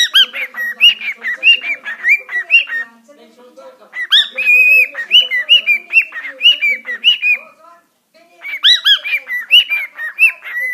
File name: sultan papagan